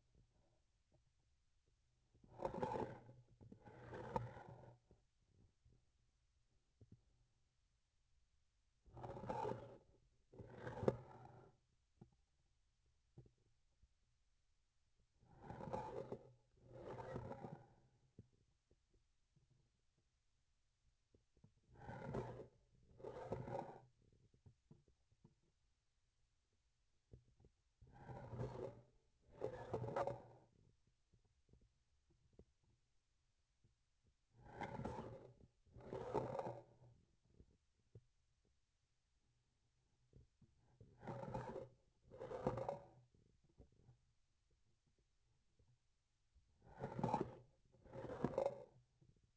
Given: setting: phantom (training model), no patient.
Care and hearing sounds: laparoscopic instrument, vibration sensor on the handle end; grasping forceps; approaching and retracting movements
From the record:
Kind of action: spatial motion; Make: other than Olympus

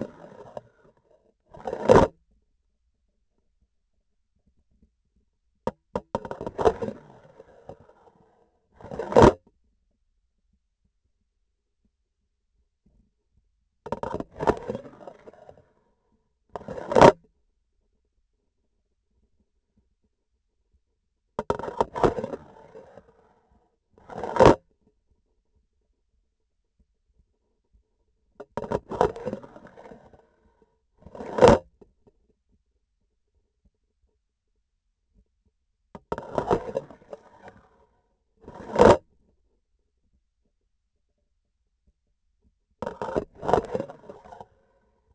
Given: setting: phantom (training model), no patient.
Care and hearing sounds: laparoscopic instrument, vibration sensor on the handle end; grasping forceps; insertion and removal through the trocar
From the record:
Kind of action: spatial motion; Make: other than Olympus

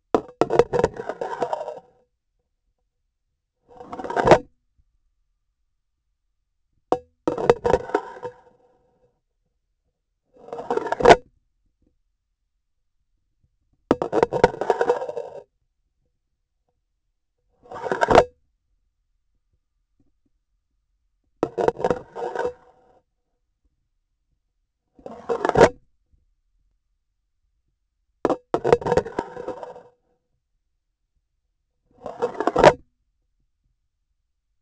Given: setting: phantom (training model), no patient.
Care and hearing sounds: laparoscopic instrument, vibration sensor on the handle end; grasping forceps; insertion and removal through the trocar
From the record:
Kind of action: spatial motion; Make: Olympus

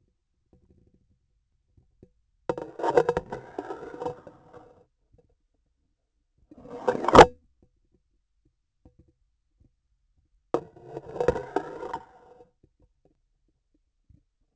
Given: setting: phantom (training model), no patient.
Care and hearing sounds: laparoscopic instrument, vibration sensor on the handle end; grasping forceps; insertion and removal through the trocar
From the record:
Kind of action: spatial motion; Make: Olympus

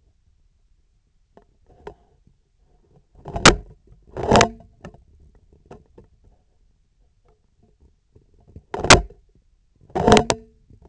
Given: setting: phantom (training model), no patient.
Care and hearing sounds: laparoscopic instrument, vibration sensor on the handle end; scissors; opening and closing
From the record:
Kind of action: tool actuation without material contact

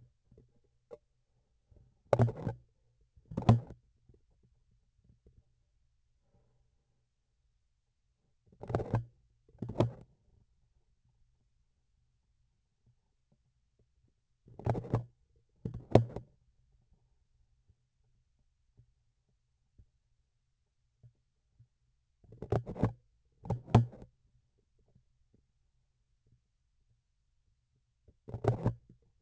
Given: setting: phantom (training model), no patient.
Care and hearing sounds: laparoscopic instrument, vibration sensor on the handle end; grasping forceps; opening and closing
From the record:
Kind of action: tool actuation without material contact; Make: other than Olympus

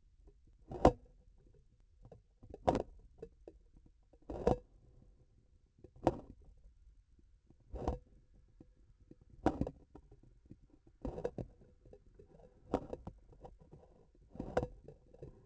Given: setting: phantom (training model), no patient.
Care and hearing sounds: laparoscopic instrument, vibration sensor on the handle end; grasping forceps; opening and closing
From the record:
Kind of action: tool actuation without material contact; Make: Olympus

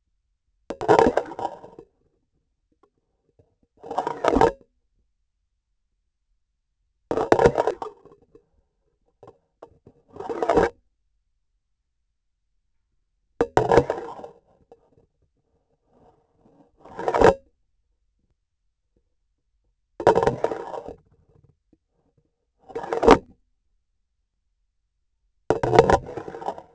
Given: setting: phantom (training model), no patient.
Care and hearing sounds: laparoscopic instrument, vibration sensor on the handle end; grasping forceps; insertion and removal through the trocar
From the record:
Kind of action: spatial motion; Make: Olympus

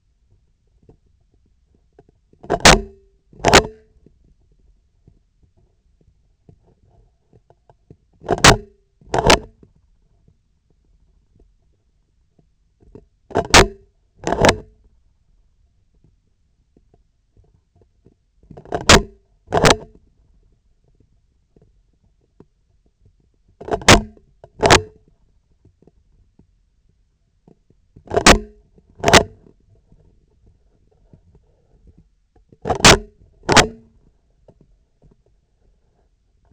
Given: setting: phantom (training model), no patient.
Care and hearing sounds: laparoscopic instrument, vibration sensor on the handle end; scissors; opening and closing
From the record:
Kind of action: tool actuation without material contact

